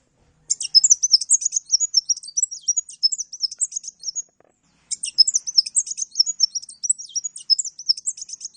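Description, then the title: Oriental magpie-robin delivering two energetic song bouts of rich, rapidly changing whistled and chattered notes, separated by a pause of under a second. Champion kacer singing lively (gacor); master song used for bird training. "Kacer Juara Gacor"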